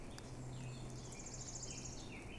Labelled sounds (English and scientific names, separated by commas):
Eurasian Blackcap (Sylvia atricapilla)